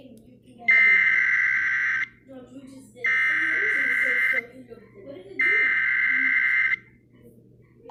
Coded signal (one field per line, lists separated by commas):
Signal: Emergency Alert System (SAME) tones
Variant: header bursts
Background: speech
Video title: EAS scenario tornado ef6 part 2